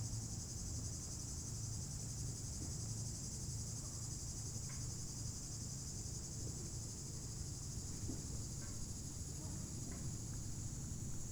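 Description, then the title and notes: Cicada chorus as a continuous shrill hiss, unbroken throughout, above constant low traffic noise with faint scattered clicks. Cicadas very active in the heat beside a new road near Lac du Bourget, France, on the cliff side, with vehicles passing. "Au bord de la RD 991 près du lac du Bourget côté falaise , avec la chaleur les cigales sont très actives"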